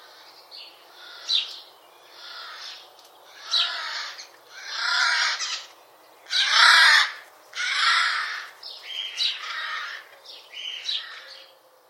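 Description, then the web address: Eurasian magpie giving harsh, rasping squawks in a loose series of bursts, some long and grating, others short, with quiet pauses between. "cianscape birddata Deverinetal"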